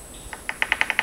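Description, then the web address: Rufous piculet call: a short, fast series of seven sharp, high notes that grow louder after the first few, over a faint constant high hiss. Recorded at Danum on 7 August 2009. "DANUM 20090807 rufous piculet"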